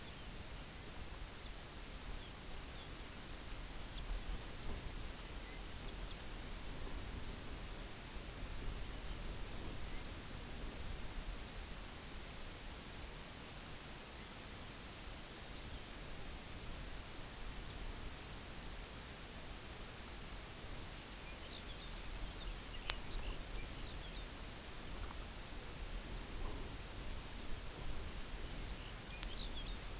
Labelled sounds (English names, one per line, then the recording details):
unidentified sound
Lapland Longspur
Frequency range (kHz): Lapland Longspur 1.6-6.5 kHz
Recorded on Arctic tundra, site UTQI-0, on 17 June 2019
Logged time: 18:00